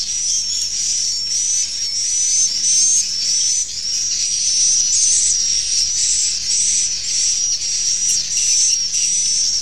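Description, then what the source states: Swiftlet twitter, buzzy and high, pulsing steadily, with a wavering thin whistle throughout. Used in swiftlet farming in Asia.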